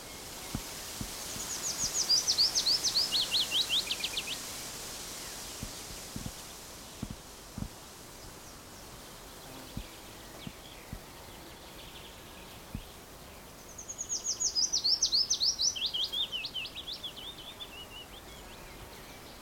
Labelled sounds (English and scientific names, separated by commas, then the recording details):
Willow Warbler (Phylloscopus trochilus)
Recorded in the wild
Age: adult
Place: Summt, Brandenburg, DE
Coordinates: 52.693, 13.362
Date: 1992-06-14 14:45
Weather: heiter, ca. 23°C
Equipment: Nagra SN, Mikrofon AKG CK 8, Kopie Tesla B 116
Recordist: Tembrock, Günter